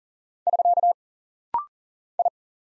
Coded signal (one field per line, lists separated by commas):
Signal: Morse code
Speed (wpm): 40 wpm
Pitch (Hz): 700 Hz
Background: none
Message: <SK> I